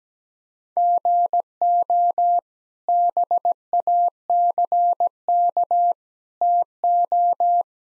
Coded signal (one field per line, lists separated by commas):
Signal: Morse code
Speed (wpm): 17 wpm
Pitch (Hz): 700 Hz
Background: none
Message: GO BACK TO